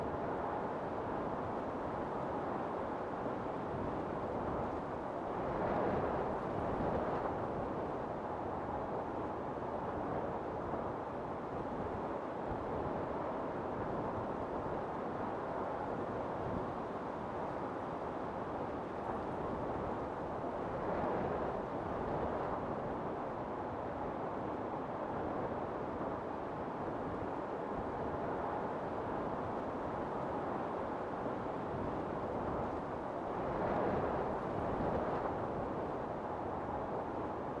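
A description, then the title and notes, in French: Wind blows steadily and densely, a full rushing roar weighted toward the low and middle range. It holds nearly constant in loudness, with brief stronger gusts swelling around 6, 21 and 34 seconds. Nothing else stands apart from the continuous blowing. Le son dynamique et revigorant du vent.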